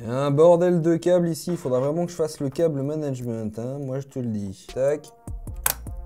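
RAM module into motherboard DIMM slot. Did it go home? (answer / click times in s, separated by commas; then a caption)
yes / 5.7 s. Someone talks for about five seconds, then pushes a new RAM stick into a desktop motherboard DIMM slot. A sharp click at 5.7 s, with faint ticks just before and after, is the retention clip snapping shut and the stick seating.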